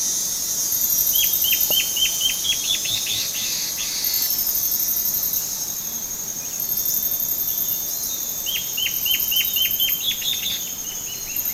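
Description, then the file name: Bird giving two rapid runs of short, sharp descending notes, each lasting a couple of seconds, against continuous high-pitched insect buzzing. "SABIOD 50 bird 2015"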